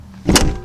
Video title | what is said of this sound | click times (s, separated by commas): VanGo Vanagon Rental Orientation | pull down you will hear a click you can even test it it's not going to be flying up on you | 0.4 s